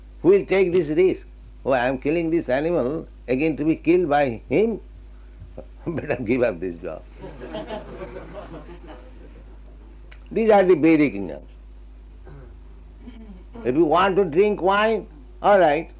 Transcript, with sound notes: who will take this risk, "Oh, I am killing this animal again to be killed by him? Better give up this job"? [laughter] These are the Vedic injunctions. If you want to drink wine, "All right.